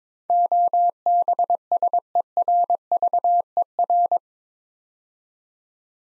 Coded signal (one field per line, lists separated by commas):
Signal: Morse code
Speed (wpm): 22 wpm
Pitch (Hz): 700 Hz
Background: none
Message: OBSERVER